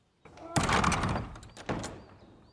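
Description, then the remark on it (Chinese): A door slams shut with a loud, heavy bang, then a second softer thud follows as it settles, with a brief rattling decay afterward. “严征明用力一摔门，将程潜关在了外头”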